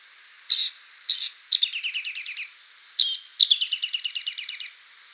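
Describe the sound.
Rock nuthatch giving short call notes, then a rapid trill of repeated notes, another call note and a second trill, each trill lasting about a second.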